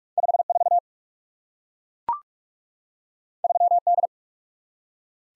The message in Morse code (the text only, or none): 5 4 3 D